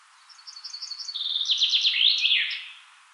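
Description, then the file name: Common chaffinch song, a single rattling series of notes that drops in pitch in steps and closes with a quick emphatic flourish. "Fringilla coelebs"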